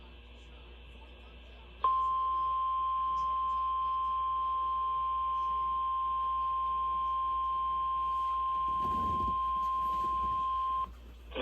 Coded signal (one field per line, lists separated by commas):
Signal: Emergency Alert System (SAME) tones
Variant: 853 and 960 Hz attention tone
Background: speech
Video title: (EAS #2,583 - #2,607) THE EAS SUNDAY TICKET - EAS Alerts from 9/14/25